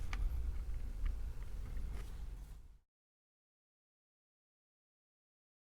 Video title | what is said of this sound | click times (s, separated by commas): 145 - Maintenance - DCC Sound Fitting - Revolution Trains Class 128 | which is accompanied by a very satisfying clicking sound | 0.1 s